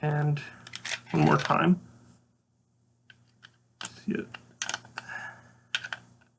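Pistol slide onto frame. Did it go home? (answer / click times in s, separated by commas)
yes / 5.8 s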